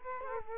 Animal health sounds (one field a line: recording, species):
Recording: mosquito wingbeat signal from an infrared sensor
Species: Culex quinquefasciatus